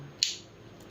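The plastic top layer of a Takara Tomy Beyblade Burst DB Guilty Luinor spinning top is turned on its core to the first of its two click positions. A sharp plastic click sounds at 0.2 s, followed by a fainter tick at 0.9 s. The top does not burst.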